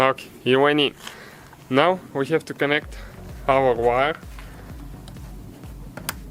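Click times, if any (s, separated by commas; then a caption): 6.1 s. Someone talks while a wiring harness plug is connected to the headlight assembly of a 2011–2016 Hyundai Elantra during a low beam headlight bulb replacement. The plug is pushed in with a few faint handling taps over a low background hum. Its latch clicks sharply at 6.1 s, and the connector is seated.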